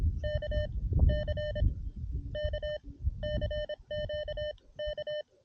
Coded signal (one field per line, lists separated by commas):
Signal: Morse code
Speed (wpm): 26 wpm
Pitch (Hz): 600 Hz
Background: none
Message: K C K CQK